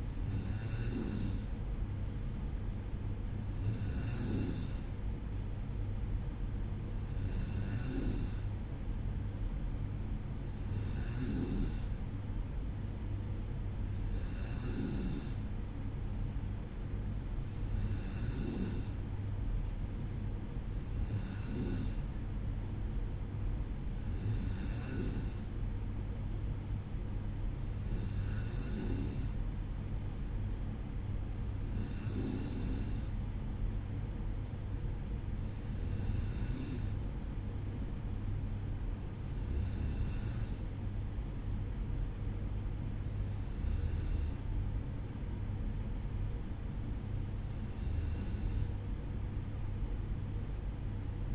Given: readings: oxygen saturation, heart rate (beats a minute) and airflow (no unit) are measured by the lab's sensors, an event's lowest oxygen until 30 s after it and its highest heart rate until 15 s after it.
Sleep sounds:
breathing in sleep by a smartphone at the bedside; none
none scored
From the record:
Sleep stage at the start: N2 (light sleep); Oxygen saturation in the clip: 94%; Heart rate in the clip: 53 to 56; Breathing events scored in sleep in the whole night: 305 in 9.6 hours asleep

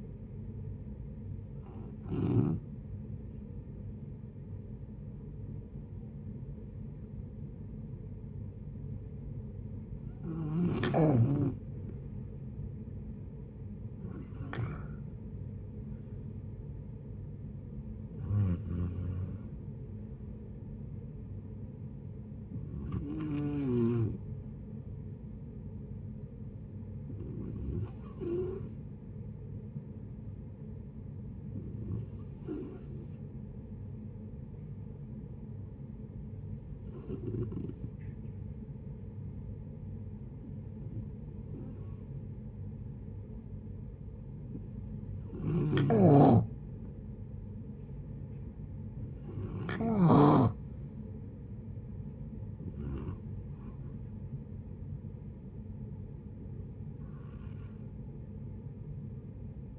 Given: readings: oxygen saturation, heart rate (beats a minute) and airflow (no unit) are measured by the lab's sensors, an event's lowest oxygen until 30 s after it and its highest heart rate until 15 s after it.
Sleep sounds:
a person awake in a sleep study, by a smartphone at the bedside; none
0.00-59.79 s: awake
0.00-59.79 s: awake
From the record:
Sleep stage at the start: awake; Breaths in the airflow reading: 24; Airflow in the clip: -0.6 to 0.6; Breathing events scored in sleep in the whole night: 496 in 5.4 hours asleep

